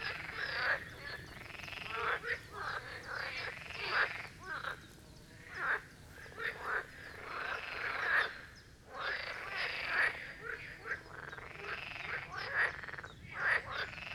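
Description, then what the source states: Dense marsh frog chorus, rolling pulsed croaks overlapping continuously, with brief dips where fewer frogs call. Chorus of marsh frogs at the Birkensee, Schönbuch, Germany; recorded on one of the first properly hot summer days, 2023.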